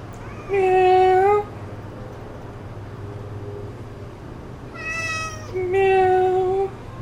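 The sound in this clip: Cat meowing: two long, drawn-out meows about five seconds apart, with a fainter, shorter meow just before the second, over a steady low hum.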